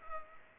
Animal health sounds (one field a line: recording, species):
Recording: mosquito wingbeat signal from an infrared sensor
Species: Culex pipiens